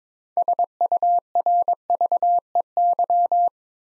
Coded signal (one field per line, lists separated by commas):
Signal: Morse code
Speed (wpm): 22 wpm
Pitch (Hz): 700 Hz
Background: none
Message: SURVEY